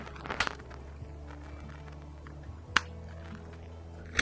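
A semaglutide injector pen, lid removed, is pressed against the skin. After some faint crackling near the start over a steady low hum, two sharp clicks ring out at 2.8 s and 4.2 s as the pen fires, and the injection completes.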